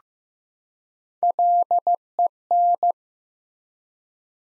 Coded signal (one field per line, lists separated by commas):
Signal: Morse code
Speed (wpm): 15 wpm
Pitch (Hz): 700 Hz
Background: none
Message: LEN